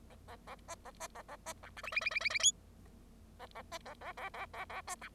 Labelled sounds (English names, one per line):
Bengalese Finch song